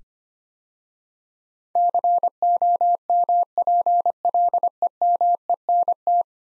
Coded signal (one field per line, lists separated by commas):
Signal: Morse code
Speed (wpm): 25 wpm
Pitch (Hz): 700 Hz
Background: none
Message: COMPLEMENT